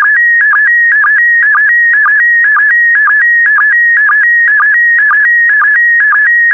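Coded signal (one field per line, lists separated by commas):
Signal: SSTV (slow-scan television)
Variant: PD120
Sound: warbling tone near 1.9 kHz with steady rhythmic low blips about twice a second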